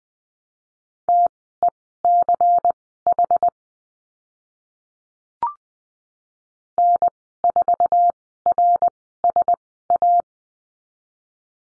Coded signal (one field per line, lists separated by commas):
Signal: Morse code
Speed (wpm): 20 wpm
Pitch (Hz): 700 Hz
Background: none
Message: TECH N4RSA